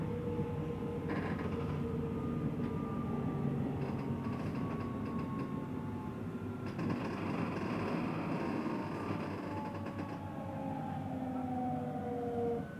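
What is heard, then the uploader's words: An S-Bahn train rumbles along steadily, with dense low rolling noise, long drawn-out whining tones, and a burst of rattling clatter around seven seconds. Relaxing Circuit on Berlin's Ringbahn. Authentic audio recording of this unique S-Bahn trip. The gentle rhythm of the train and the subtle sounds of the city.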